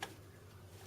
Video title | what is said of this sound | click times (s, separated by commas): КАК ВЫТАЩИТЬ ПРОЦЕССОР С ПК- HOW TO REMOVE THE PROCESSOR FROM THE PC | Он зафиксировался. Мы его зажали. Хоп. Зафиксировали. | 0.0 s